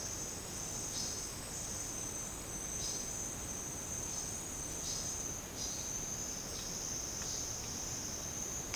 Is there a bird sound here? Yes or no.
no